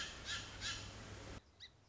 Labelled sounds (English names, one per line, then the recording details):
Song Sparrow
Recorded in Sonoma County, California